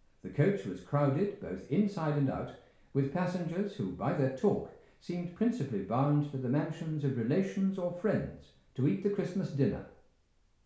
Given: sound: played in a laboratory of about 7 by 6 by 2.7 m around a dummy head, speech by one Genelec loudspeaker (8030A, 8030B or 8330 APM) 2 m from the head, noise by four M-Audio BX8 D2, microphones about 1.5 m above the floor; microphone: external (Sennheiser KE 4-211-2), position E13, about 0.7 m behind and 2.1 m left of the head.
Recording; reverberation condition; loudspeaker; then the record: male speech in English; medium; 120 degrees to the left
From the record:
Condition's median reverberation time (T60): about 510 ms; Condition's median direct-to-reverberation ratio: about -0.5 dB